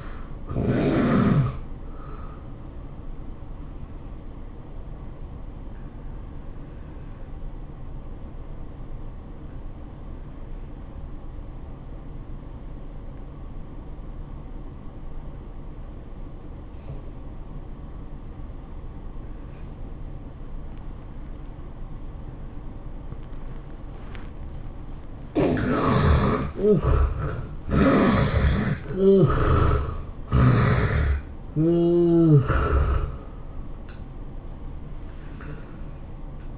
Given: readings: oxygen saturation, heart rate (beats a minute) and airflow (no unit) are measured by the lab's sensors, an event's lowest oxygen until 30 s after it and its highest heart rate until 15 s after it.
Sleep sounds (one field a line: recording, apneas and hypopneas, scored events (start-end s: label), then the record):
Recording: breathing in sleep by a smartphone at the bedside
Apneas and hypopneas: 1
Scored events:
3.00-24.30 s: hypopnea (N1, oxygen 96% highest, then 73% lowest, heart rate 110 at the start, 110 highest)
From the record:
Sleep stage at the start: N1 (lightest sleep)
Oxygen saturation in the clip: 70 to 96%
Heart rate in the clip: 80 to 110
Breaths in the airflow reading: 5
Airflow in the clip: -11.5 to 12.1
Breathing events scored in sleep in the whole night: 403 in 5.5 hours asleep